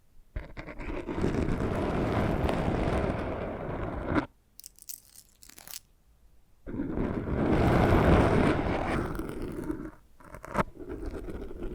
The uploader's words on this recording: ASMR Hypnotic First Person Triggers Ear Scratching, Face Brushing etc (No Talking).